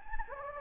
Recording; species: mosquito wingbeat signal from an infrared sensor; Anopheles gambiae